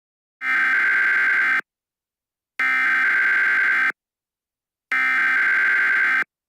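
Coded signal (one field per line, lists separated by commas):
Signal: Emergency Alert System (SAME) tones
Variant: header bursts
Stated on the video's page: Fictional scenario.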